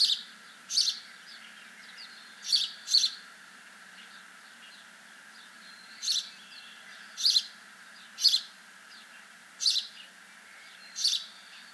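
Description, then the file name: House sparrow giving several sharp, buzzy chirps, some in quick pairs, separated by pauses of one to three seconds, with a constant faint hum behind. "Passer domesticus"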